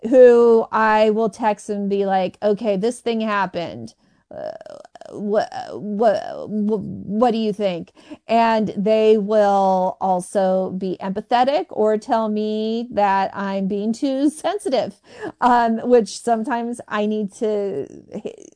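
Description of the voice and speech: Adult woman who stutters speaking, with prolongations of sounds, repeated syllables and blocked pauses in otherwise fluent speech. Stuttering.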